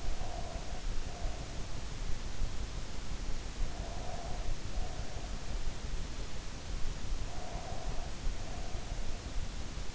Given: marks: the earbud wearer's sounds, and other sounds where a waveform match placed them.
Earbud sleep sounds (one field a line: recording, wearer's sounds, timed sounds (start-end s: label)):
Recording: sounds in sleep by an in-ear microphone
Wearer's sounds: breath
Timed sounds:
0.00-1.75 s: breath
3.46-5.70 s: breath
7.17-9.15 s: breath